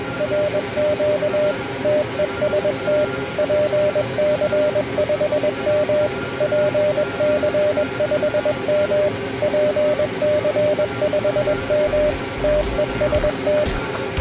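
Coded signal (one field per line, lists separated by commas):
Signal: Morse code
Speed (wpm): 21 wpm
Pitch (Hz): 600 Hz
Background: radio noise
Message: RQ TEST PC5M PC5M PC5M TEST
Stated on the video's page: Marconi A1 CW contest on 144 MHz.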